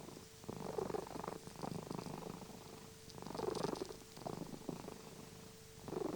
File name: cat purring